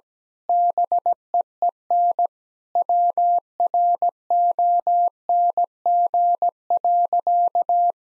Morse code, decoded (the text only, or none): BEEN WRONG.